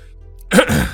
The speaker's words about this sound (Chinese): 然后坐下，拿起复制的杯子灌了一大口水，拖了一会儿才清了清嗓子。